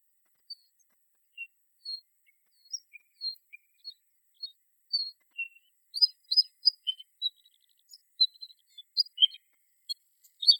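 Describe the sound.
Bluethroat song with scattered high tones at first, then a quicker, more varied burst of twittering, metallic and buzzy notes in the second half.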